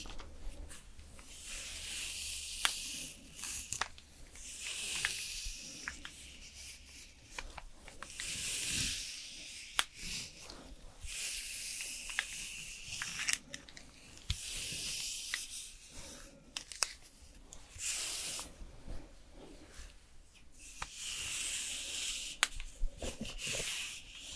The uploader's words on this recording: ASMR Doing Your Makeup and Hair Styling for Party(No Talking).